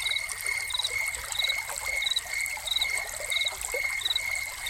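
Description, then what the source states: Crickets chirp in regular short bursts above a sustained shrill note, with fountain water trickling and splashing loudly underneath. Soundscape of crickets recorded together with a fountain.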